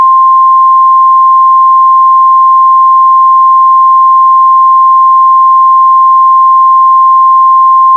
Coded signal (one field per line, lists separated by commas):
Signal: Emergency Alert System (SAME) tones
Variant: 1050 Hz attention tone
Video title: (VALID TONES!!) EAS Scenario: The Evansville, Indiana Tornado of April 25th, 2024